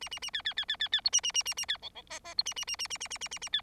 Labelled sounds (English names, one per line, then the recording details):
Bengalese Finch song
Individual Bird4